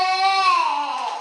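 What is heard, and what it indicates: One brief, tonal infant cry sliding down in pitch, the Dunstan 'eairh' sound, said in the Dunstan Baby Language to signal lower wind or gas (farts).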